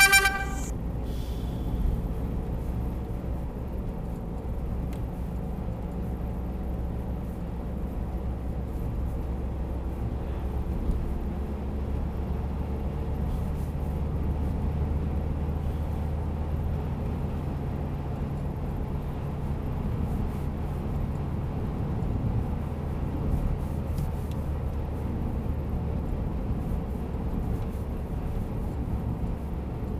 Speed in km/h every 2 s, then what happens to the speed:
61, 63, 63, 63, 64, 68, 72, 75, 77, 79, 77, 75, 72, 69, 68.
0-8 steady at about 63. 8-15 speeds up to 77. 18-30 slows to 68.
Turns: none.